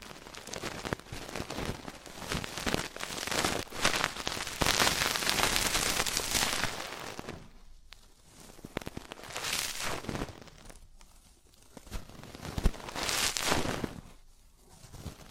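Traditional Chinese ear cleaning and earwax removal, heard as dense scratching and crackling that rises and falls in waves. The scraping is busiest and brightest around the middle seconds, with quieter gaps near eight and eleven seconds, and sharp clicks scattered throughout.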